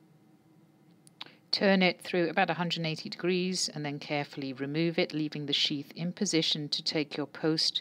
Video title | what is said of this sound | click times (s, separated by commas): Tomo-guided breast biopsies | fully engage the clip until it clicks deploy the plunger | 1.1 s, 1.2 s